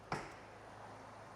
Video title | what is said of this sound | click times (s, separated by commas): Fixing the Dangerous TVR Fault That Ruined Every Drive | Nice positive click. | 0.1 s